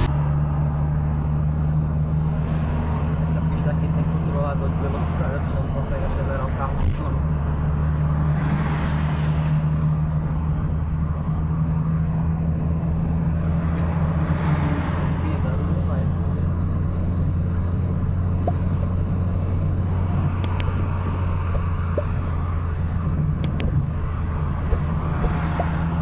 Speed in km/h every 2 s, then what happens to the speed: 69, 73, 74, 68, 70, 72, 76, 78, 81, 82, 80, 76, 75.
0-9 steady at about 70. 9-17 speeds up to 82. 17-26 slows to 75.